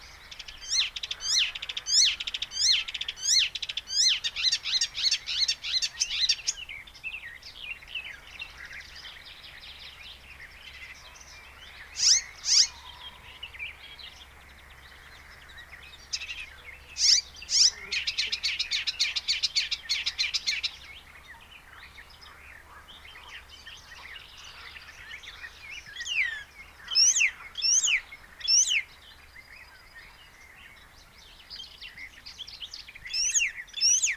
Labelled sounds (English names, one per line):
Icterine Warbler song